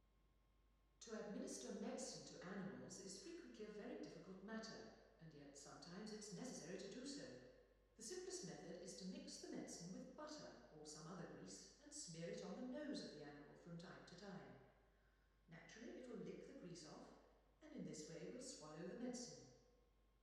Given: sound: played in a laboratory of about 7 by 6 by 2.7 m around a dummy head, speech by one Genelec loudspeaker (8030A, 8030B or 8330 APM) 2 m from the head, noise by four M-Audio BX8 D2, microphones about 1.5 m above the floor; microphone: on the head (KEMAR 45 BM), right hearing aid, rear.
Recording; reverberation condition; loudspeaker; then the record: female speech in English; high; 150 degrees to the left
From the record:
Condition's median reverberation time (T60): about 1300 ms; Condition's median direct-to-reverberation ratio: about -4.0 dB